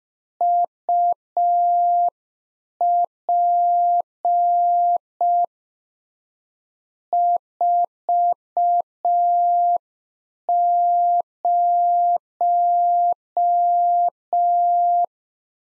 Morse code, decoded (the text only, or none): UP 40